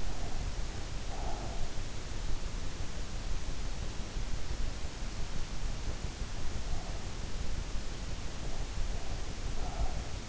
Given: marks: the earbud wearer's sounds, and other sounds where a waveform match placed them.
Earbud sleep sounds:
sounds in sleep by an in-ear microphone; breath
0.00-1.91 s: breath
6.46-7.18 s: breath
8.84-10.29 s: breath

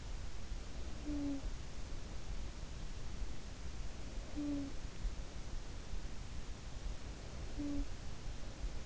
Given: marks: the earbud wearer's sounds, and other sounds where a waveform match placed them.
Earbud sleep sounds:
sounds in sleep by an in-ear microphone; talking in sleep
0.20-2.47 s: talking in sleep
3.44-5.71 s: talking in sleep
6.52-8.86 s: talking in sleep

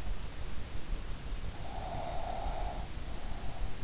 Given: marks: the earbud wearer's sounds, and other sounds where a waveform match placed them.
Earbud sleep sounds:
sounds in sleep by an in-ear microphone; breath
1.59-3.69 s: breath

